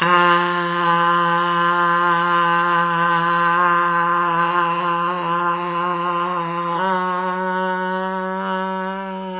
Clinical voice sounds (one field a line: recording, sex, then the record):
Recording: sustained vowel /a/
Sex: female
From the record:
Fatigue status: no fatigue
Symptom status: asymptomatic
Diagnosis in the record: COVID-19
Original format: 3gp